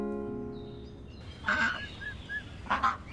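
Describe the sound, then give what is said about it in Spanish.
Ducks quacking near a gate in two loud, harsh bursts, with a few short, higher calls in between, following a steady droning tone at the start. No one speaks. “cierra el portón, que se van a meter los patos”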